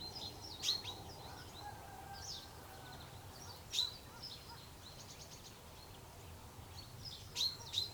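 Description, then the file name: Common chaffinch abrupt, high, clipped call notes repeated at irregular gaps of about three seconds, ending with a quick pair, over soft background chirping. "Fringilla coelebs"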